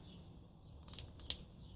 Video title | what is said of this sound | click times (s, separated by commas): BUILD-ALONG MARKING GAUGE | you can hear it locking and it is really really strong | 1.3 s